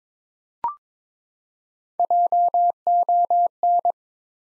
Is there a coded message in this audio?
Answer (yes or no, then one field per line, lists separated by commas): yes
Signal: Morse code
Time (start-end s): 2.0-3.9 s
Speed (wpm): 22 wpm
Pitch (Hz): 700 Hz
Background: none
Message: JON